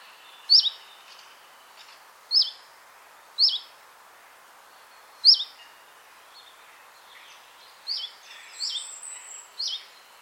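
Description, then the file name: Common chiffchaff song: short, high, sharp notes given one at a time with pauses between them, then a closer run of notes toward the end. "zilpzalp"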